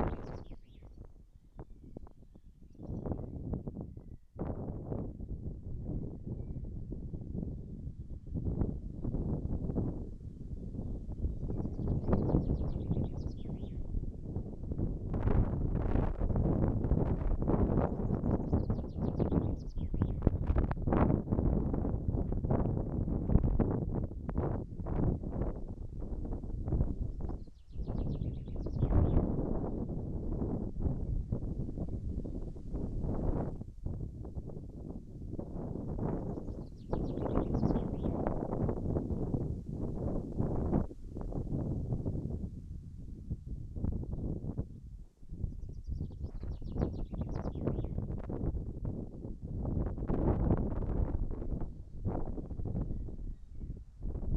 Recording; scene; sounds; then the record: everyday scene through a hearing-aid microphone; wind on the microphone; wind, birds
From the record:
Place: in front of a rural house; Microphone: behind the ear, right, front